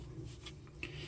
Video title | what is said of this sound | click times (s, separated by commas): Chuck's Reviews Transformers Bumblebee Cyberverse Adventures Dinobot Combiners WheelGrim | the legs and they'll snap into place | 0.8 s